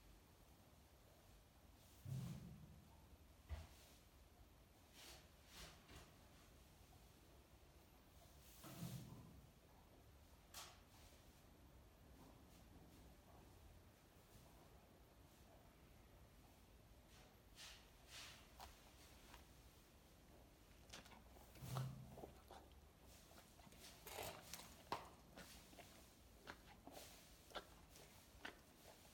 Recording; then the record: sound track of a video of a horse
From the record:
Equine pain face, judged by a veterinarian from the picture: present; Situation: after eating a carrot, before or after surgery for tooth resorption and hypercementosis (EOTRH)